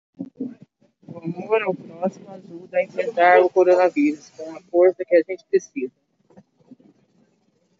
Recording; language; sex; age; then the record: spoken sentence; Brazilian Portuguese; female; 40 to 49 years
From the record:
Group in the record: control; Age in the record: 42 years